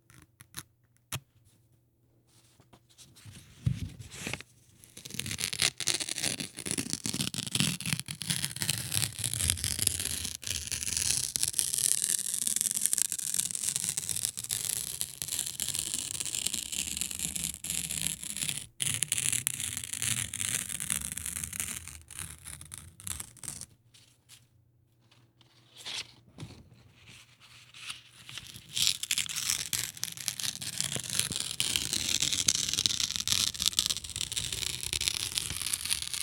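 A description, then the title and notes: Notebook paper is torn slowly in long, crackling rips that fill most of the clip, broken by brief quiet pauses near 19 and 24 seconds. ASMR: Tearing Notebook Paper.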